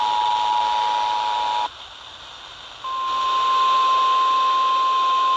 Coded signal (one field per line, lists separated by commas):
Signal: Emergency Alert System (SAME) tones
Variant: 853 and 960 Hz attention tone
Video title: You Want It? We Got It! EAS Alerts From July 15, 2022